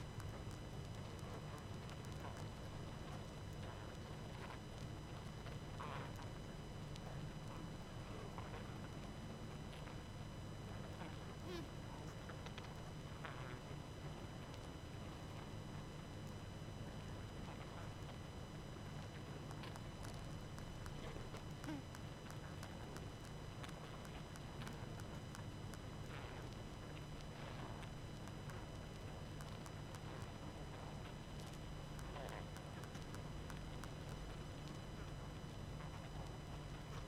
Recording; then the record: honeybee colony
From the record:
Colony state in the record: active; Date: 12 June 2018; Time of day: 20:27